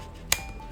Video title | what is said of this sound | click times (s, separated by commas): Unboxing the Sony ZV-E1: The Ultimate Full-Frame Mirrorless Vlogging Camera! | there you go that's the little click and then we have the actual lens attached it's really nice | 0.3 s